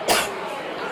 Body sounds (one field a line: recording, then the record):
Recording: coughing mixed with background sound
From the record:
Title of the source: 61 morning phlegmy cough...again